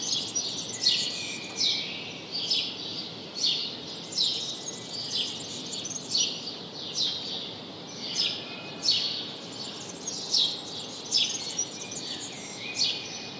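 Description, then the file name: House sparrow calling persistently: many bright chirps at an uneven rhythm, roughly one per second, with a steady high hiss underneath. "Passer domesticus"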